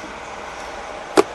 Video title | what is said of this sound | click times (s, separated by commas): Changing the oil and filter,air filter and cabin filter Hyundai Santa Fe | it in here and the snaps right in place we're going to do the exact same thing now on | 1.2 s